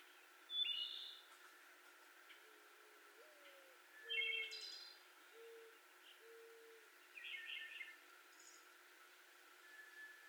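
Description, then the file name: Wood Thrush singing separate flute-like phrases with bright trilled endings, spaced several seconds apart, while a low hollow cooing series sounds between them. 18 May 2021. "2021-05-18 Wood Thrush"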